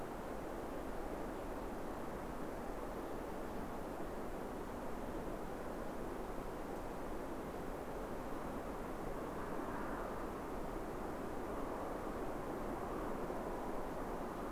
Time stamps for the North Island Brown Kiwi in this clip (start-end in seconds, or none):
none